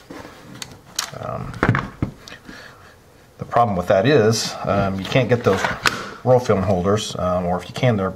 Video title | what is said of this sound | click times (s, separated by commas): Fuji Instax Mini in a 2x3 Speed Graphic | It kind of snaps into place. | 0.6 s, 1.0 s